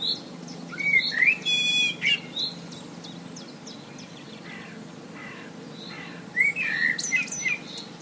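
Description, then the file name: Common blackbird singing two separate phrases. Each has low, rich whistled notes followed by a thin, high-pitched twitter, with a quiet pause between them over a faint steady hum. "Merle"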